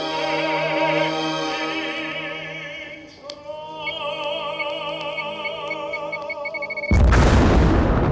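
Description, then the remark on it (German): Swelling orchestral music with wavering, sustained tones plays for several seconds, then is cut off by a sudden loud explosion with a huge jet of flame and a blast wave across a forecourt at night, a deep booming roar that rushes in and keeps rumbling. “Eine riesige Stichflamme machte den mittlerweile nächtlichen Hoftag hell. Und eine Druckwelle schleuderte mich über den halben Vorplatz.”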